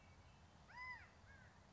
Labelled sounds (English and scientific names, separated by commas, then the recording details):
California Quail (Callipepla californica)
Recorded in Sonoma County, California